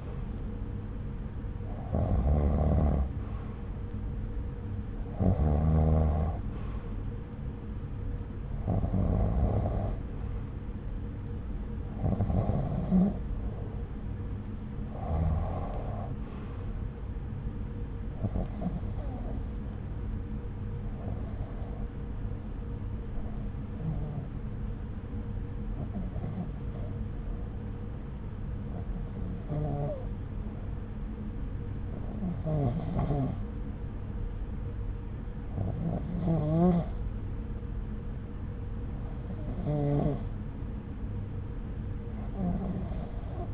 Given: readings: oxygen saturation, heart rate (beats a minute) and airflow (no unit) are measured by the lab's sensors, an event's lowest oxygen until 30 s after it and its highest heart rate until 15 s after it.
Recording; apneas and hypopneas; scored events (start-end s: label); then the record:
breathing in sleep by a smartphone at the bedside; none
none scored
From the record:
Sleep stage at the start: REM sleep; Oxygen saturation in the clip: 90 to 95%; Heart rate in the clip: 66 to 70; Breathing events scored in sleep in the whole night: 303 in 8.1 hours asleep